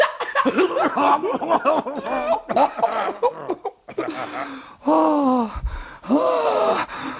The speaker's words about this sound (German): Das war aber sehr schön. Ein Hustechor. Ein Hustechor kommt mir sehr lustig vor. Er klingt in meinem Lauschohr wie ein großer Rauschechor.